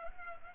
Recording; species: mosquito wingbeat signal from an infrared sensor; Culex pipiens